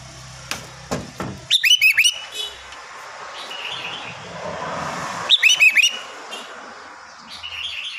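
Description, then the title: Sooty-headed bulbul song: two bubbly bursts of slurred whistled notes a few seconds apart, preceded by a few sharp clicks and followed by soft hiss. "Kutilang"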